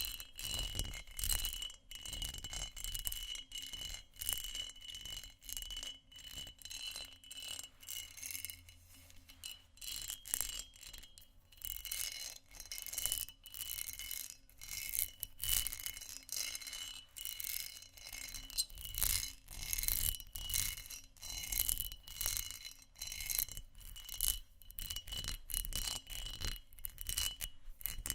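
Textured glass is scratched and tapped in a busy, uneven run of short bright strokes and clicks, several per second throughout. A thin ringing tone lingers above the scraping, giving it a bell-like shimmer, with a faint low hum underneath.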